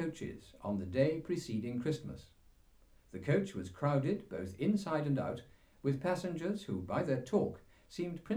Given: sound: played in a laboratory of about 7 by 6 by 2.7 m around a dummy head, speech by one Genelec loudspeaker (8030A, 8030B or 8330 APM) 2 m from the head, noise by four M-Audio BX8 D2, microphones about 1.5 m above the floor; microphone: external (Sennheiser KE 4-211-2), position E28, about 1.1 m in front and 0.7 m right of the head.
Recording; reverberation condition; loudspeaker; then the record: male speech in English; low; 90 degrees to the right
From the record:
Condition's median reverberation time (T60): about 310 ms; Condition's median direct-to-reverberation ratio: about 3.5 dB